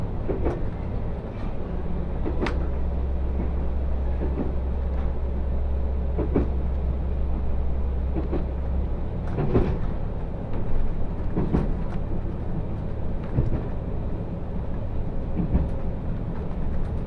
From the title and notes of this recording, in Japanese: 耳で楽しむ鉄道旅 徳島線 藍よしのがわトロッコ 貞光→学。トロッコ車両に乗っていましたが、意外に風が冷たく感じるので普通車のほうに避難してきました。こちらのほうが静かでしたので、半分寝ながら移動していました。